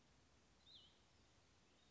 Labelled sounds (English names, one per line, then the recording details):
Cassin's Vireo
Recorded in Sonoma County, California